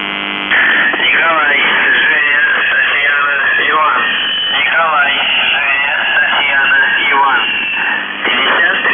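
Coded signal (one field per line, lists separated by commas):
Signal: numbers station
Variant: UVB-76 voice message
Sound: a man's voice speaking through noisy, band-limited shortwave radio; no buzzer tones heard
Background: radio static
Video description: The Buzzer/UVB-76(4625Khz) November 1, 2021 Voice messages; 00:00 0758z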